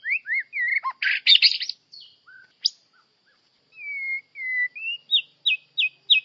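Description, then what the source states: White-rumped shama song with rising whistles, a burst of harsh chatter, then long pure level whistles and four quick repeated notes to finish. Melodious song; champion bird.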